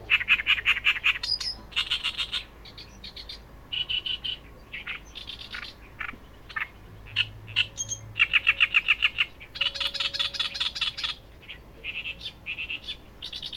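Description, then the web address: Bird song of quick chirps and short twittering phrases in bursts, some phrases dense and buzzy, others single high notes, with gaps of quiet between. "yacho koe"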